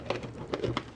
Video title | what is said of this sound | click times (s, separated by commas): Visible Mixables: Gatorade Shaker Bottle Review | I'll make sure it's sealed so there you heard that snap | 0.8 s